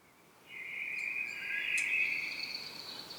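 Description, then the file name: Common blackbird sings one long smooth fluted phrase with a thin higher note above it, fairly soft over background hiss. "Turdus merula"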